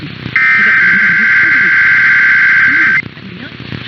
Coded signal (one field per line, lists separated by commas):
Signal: Emergency Alert System (SAME) tones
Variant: header bursts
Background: speech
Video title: Overnight Monthly and Weekly Tests (EAS #462-480) 6/25-26/24